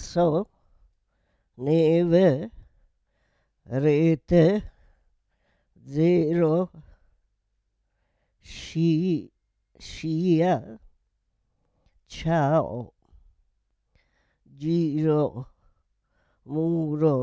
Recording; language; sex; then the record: read list of words; Italian; female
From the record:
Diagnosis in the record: Parkinson's disease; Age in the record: 78 years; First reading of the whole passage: 164 s, 3.2 characters per second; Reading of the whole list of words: 108 s, 2.6 characters per second